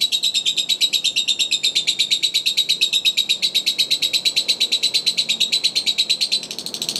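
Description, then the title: Lovebird song: a fast, steady run of high pulsing notes held at an even pitch throughout. Masteran bird sounds used for training birds. "MASTERAN BURUNG"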